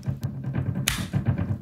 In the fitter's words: there we go that was a nice click and there we go